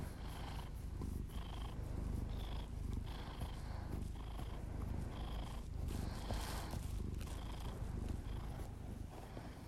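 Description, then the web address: Cat purring with a deep steady drone, while faint higher tones pulse about every second and breaths rise and fall. Pet cat purring, recorded as ASMR together with the owner's heavy breathing. "Miss-Because Just Purrs [ASMR][Literally just my cat purring and my heavy breathing]"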